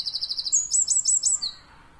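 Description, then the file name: Eurasian wren giving a quick run of high, evenly spaced notes that breaks into a rapid buzzy rattle, then fades into quiet background. "Troglodytes troglodytes"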